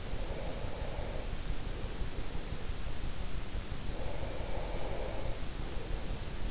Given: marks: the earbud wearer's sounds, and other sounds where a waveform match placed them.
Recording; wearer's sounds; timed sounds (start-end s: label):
sounds in sleep by an in-ear microphone; breath
0.00-2.84 s: breath
3.61-6.33 s: breath